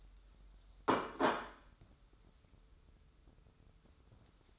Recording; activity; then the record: daily activity, microphone in the room; place plate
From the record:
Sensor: 3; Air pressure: 994.4 hPa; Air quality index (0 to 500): 205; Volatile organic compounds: 1000 ppm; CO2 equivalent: 6820 ppm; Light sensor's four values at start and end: 78/180/75/71 and 60/135/57/54